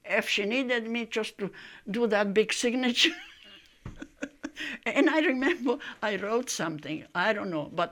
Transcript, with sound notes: If she needed me just to do that big signature, (laughing heartily) and I remember I wrote something, I don't know.